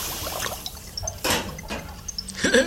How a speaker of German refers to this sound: Sag mal, was brodelt hier eigentlich immer so? Da ist ein Wasserhahn, ich werde ihn mal abstellen.